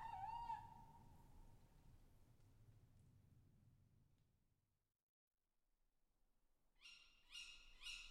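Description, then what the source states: Owl calls: a steady whistled note at the start, then a quiet pause, and finally three rising harmonic squeals close together. Low rumbling background noise throughout. Owls calling overhead; recorded during professional travels between 2010 and 2012.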